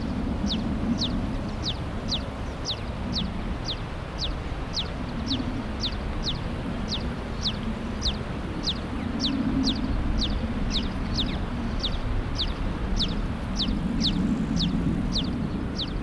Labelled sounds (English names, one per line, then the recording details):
Eurasian Tree Sparrow call
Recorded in the wild
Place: Eutin, Holsteinische Schweiz, Schleswig-Holstein, DE
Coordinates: 54.132, 10.614
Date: 1992-09-11 14:01
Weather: sonnig, 15-22°C
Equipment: Marantz CP 430, Sennheiser ME 80, Kopie Tesla B 116
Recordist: Tembrock, Günter